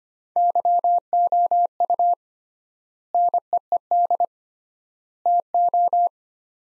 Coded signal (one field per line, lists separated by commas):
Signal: Morse code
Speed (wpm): 25 wpm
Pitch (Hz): 700 Hz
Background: none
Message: YOU NEED TO